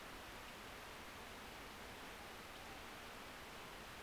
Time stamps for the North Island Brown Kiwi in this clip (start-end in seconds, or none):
none